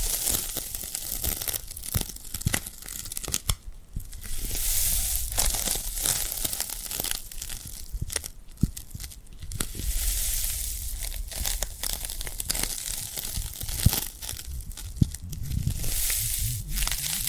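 Glued hands rub and peel apart in a steady run of sticky crackling and tearing sounds. The texture is dense and bright, full of fine snaps and sharp clicks, and swells into louder peeling bursts around five, nine and sixteen seconds.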